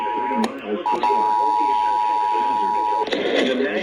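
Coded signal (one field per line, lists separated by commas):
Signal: Emergency Alert System (SAME) tones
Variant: 853 and 960 Hz attention tone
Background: speech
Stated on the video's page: EAS alerts for severe thunderstorms.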